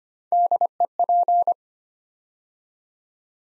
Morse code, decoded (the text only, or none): DEP